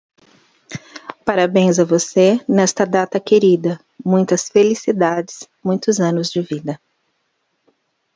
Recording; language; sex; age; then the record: short text; Brazilian Portuguese; female; 50 to 59 years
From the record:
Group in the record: control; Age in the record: 50 years